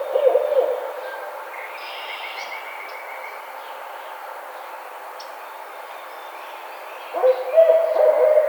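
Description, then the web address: Barred owl hooting, a short burst of low hoots at the start and another near the end, with a quieter gap between. Recorded on 4 May 2009. "Barred Owl 2009 05 04 Barred Owl"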